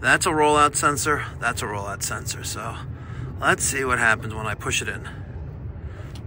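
Someone talks over steady background noise, then presses the reset button on a flame rollout sensor in a Rheem commercial rooftop gas heating unit that is not heating. On this first press, the button has not clicked or reset yet.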